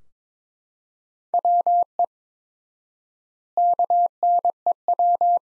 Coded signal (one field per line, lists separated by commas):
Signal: Morse code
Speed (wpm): 21 wpm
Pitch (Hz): 700 Hz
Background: none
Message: WE KNEW